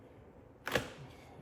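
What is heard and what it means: A plastic trim piece on the engine airbox of a Porsche Cayenne Turbo 958 is pulled off its retaining pins after its twist-lock fasteners at the top and bottom are removed. After a quiet stretch, a sharp snap is heard at 0.7 s and another at 0.8 s as the piece, held only by a rubber seal, comes free. The piece is released and disengaged from the airbox.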